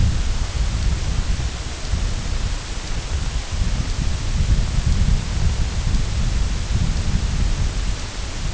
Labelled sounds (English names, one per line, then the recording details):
none
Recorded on Arctic tundra, site IGLO-F, on 22 June 2018
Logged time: 02:00